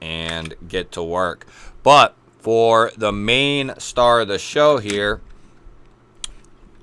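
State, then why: Seated. Someone talks, then a Remette Allosaurus fixed-blade knife is pushed into its molded sheath and snaps into the retention with a sharp, positive click at 6.2 s. The knife is seated, and the sheath's retention is good.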